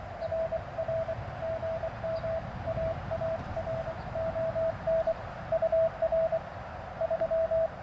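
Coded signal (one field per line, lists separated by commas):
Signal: Morse code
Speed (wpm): 24 wpm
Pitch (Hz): 650 Hz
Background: radio noise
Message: RR GM AARON UR 3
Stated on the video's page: Morse sent with paddles on a tiny portable QRP Mountain Topper MTR3B during a Parks on the Air activation, Alex Loop antenna, battery and solar powered.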